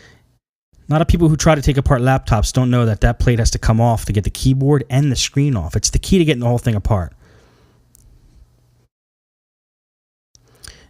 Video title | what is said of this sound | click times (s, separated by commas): P05 Laptop Repair Power Jack Fix | make sure it's all snapped back in a way it was | 10.4 s, 10.7 s